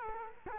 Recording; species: mosquito wingbeat signal from an infrared sensor; Culex quinquefasciatus